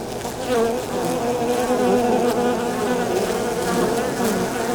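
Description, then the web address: Honey bees produce a continuous layered buzz, steady and loud throughout, with several wing tones wavering together as bees fly about. Recorded at a beehive exterior at the landing zone, very close, in stereo. "GDC 2017-Game Audio Bundle Sound Holder - Beehive bees hive exterior landing zone very close stereo"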